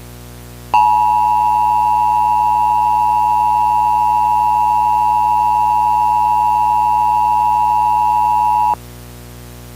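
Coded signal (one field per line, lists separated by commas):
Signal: Emergency Alert System (SAME) tones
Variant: 853 and 960 Hz attention tone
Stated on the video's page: Fictional, simulated EAS alert.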